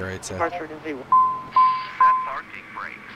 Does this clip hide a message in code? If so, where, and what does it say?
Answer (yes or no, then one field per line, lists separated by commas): no